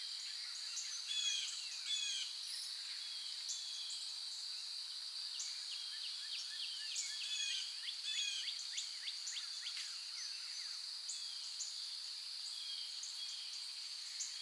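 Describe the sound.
Birds chirp in a busy chorus of short, sweeping notes throughout, over a steady high insect drone.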